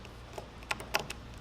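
A notched metal bushing with two small cutouts is pushed and worked into the matching cutouts of its housing for a spinning wheel on a 1970 Honda CL350 engine. Against a steady low hum, faint scrapes and taps lead to two sharp metallic clicks at 0.7 s and 1.0 s as it locks into place, followed by a softer tick at 1.1 s. The bushing is seated.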